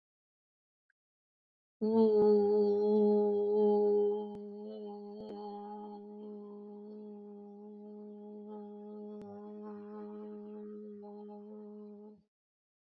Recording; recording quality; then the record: sustained vowel as in boot; excellent, no background noise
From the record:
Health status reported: COVID-19 positive, moderate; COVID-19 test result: positive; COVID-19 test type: RT-PCR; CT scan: not taken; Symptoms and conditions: cough, cold, sore throat, fatigue, muscle pain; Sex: female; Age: 46 years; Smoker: no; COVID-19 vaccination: both doses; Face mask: worn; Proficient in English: yes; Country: India